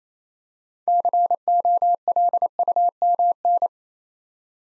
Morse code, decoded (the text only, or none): COLUMN